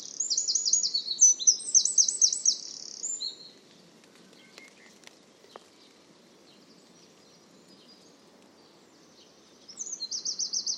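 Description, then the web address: Bird song, high-pitched rapid trills and repeated upslurred notes for about three seconds, a long pause with quiet background hiss, then the trilling resumes near the end. "cianscape birddata Deverinetal 2025"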